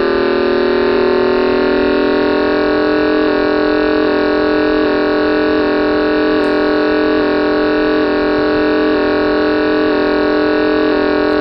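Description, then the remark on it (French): A steady, buzzy synthesized engine drone from Hyper Chase, a car racing video game on the Vectrex console, rich in harmonics and holding nearly constant pitch with faint rhythmic pulsing, loud and continuous with no voices and no music. “Hyper Chase, course d'auto.”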